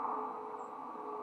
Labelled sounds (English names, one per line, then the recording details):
White-throated Sparrow flight call
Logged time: 03:34 on 15 November 2014